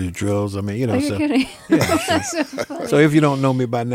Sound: soundbite of laughter

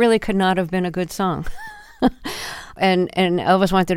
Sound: laughter

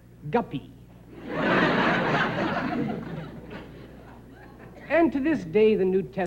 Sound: soundbite of laughter

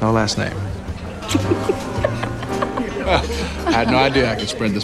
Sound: laughs

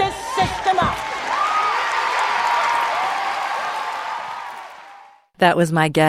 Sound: applause

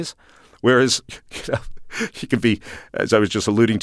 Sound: soundbite of laughter

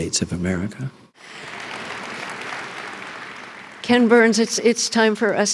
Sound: applause

